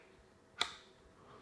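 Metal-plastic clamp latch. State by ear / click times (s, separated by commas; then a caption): seated / 0.6 s. A camera quick-release plate is pushed into the clamp of a COMAN F38 carbon fiber tripod head until it latches, without pressing the release button. A single sharp, bright click sounds at 0.6 s against a quiet background, with a brief tail. The plate is confirmed seated in the clamp.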